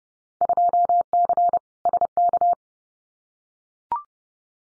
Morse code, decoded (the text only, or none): 2C SK